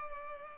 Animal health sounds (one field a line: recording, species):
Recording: mosquito wingbeat signal from an infrared sensor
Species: Culex pipiens